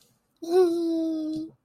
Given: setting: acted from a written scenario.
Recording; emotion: vocal sound without words; pride